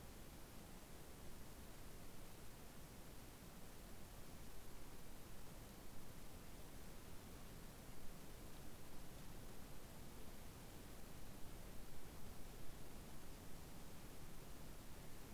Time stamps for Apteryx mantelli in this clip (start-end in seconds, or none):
none